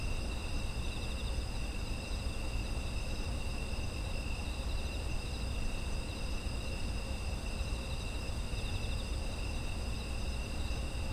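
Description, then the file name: Insects trilling together without pause, stacked high ringing tones, a few with a quick beating texture, above continuous low-pitched rumble. Autumn insects, environmental ambience. "秋の虫の環境音"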